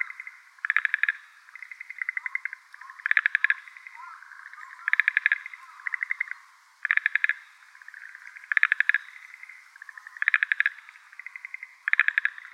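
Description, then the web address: Schlegel's green tree frog calling, rapid bursts of clicking pulses repeated about every two seconds, alternating with softer rattling trills. Recorded on 24 March 2016. "birdenaga shregel aogaeru"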